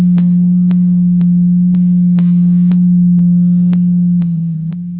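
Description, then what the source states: Blue whale moan, one unbroken low tone that wavers slightly near the end, overlaid by regular ticking clicks. Recorded in the Atlantic.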